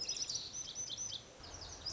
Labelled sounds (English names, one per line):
Lazuli Bunting